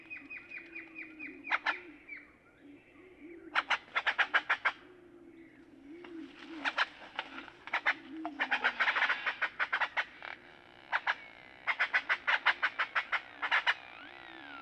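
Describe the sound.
Great-tailed grackle with quick runs of sharp clicking notes in bursts, over a low droning background hum and faint other calls.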